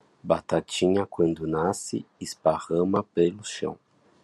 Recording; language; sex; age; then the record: short text; Brazilian Portuguese; male; 30 to 39 years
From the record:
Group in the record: control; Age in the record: 31 years